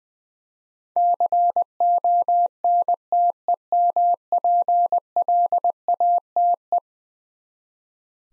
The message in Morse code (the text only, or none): CONTEMPLATE